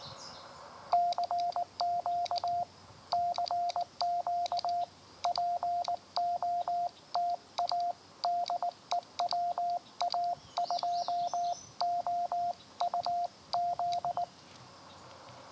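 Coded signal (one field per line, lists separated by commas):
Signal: Morse code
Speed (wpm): 19 wpm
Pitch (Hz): 700 Hz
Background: radio noise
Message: CQ CQ POTA DE WA2OUZ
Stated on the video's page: QRP Parks on the Air activation from Schoharie Crossing State Historic Site, upstate New York.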